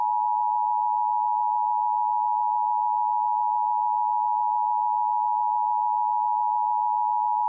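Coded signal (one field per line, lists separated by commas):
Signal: Emergency Alert System (SAME) tones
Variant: 853 and 960 Hz attention tone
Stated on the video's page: Fictional EAS scenario, not a real alert.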